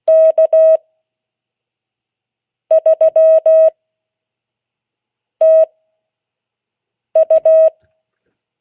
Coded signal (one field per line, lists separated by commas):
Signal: Morse code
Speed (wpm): 16 wpm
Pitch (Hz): 640 Hz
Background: none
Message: K3TU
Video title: Friday 2022-08-19 Morse code class